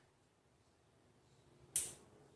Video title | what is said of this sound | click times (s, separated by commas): Day 4 of Adjusting to the Remote Lifestyle -- Your Equipment? | connect until you hear a click that | 1.8 s